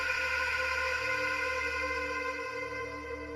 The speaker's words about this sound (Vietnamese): Tiếng chuông báo thức vang lên.